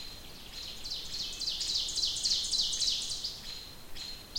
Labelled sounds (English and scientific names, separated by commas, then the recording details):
Ovenbird (Seiurus aurocapilla) song
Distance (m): 40 m
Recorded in boreal forest in Alberta, Canada, on 27 June 2016 at 08:10
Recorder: SongMeter 3, array SBT-6-79
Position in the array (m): 207 m, 27 m
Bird 39